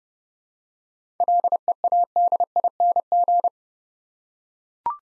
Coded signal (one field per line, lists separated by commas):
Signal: Morse code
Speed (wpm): 30 wpm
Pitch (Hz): 700 Hz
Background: none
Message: LEADING